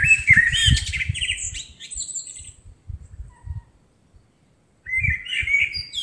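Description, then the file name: Common blackbird gives a loud warbling phrase with high squeaky ending, pauses, then begins again; dull low thuds sound beneath the song. "Turdus merula"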